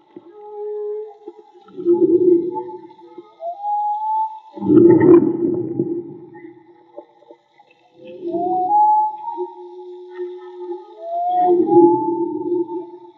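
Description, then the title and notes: Whale singing in a slow cycle of low groaning moans, each paired with a higher upswept whoop, repeating several times. Whale song; field recording made with DIY hydrophones, audio cleaned afterwards. "CANTO DE BALLENAS MAGMA. Grabación de campo y construcción dehidrofonos DIY: Jorge Barco. Limpieza de audio: Santiago Minotas"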